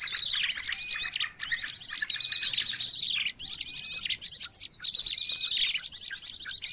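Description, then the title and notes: Birds chirping busily, high thin tweets and rapid trills overlapping in dense bursts, with brief pauses between noisy clusters of calls. Noisy bird calls used as a lure to attract birds. "Master Burung Ribut. Burung Ribut Pikat"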